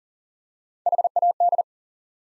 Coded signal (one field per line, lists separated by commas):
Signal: Morse code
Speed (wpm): 40 wpm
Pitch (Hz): 700 Hz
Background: none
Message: HAD